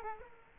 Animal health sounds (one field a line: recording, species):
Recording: mosquito wingbeat signal from an infrared sensor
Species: Aedes aegypti